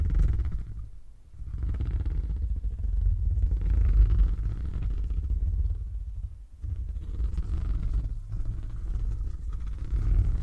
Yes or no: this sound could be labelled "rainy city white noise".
no